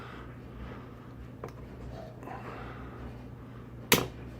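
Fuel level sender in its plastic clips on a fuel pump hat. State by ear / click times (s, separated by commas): released / 3.9 s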